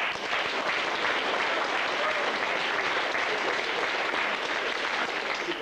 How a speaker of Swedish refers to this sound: Mycket trevligt att se så stor uppslutning. En stor applåd till er själva först.